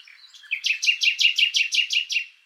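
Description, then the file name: Common nightingale song: a fast series of about eleven loud, rich repeated notes, evenly spaced and slightly buzzy, fading at the end. "Luscinia megarhynchos"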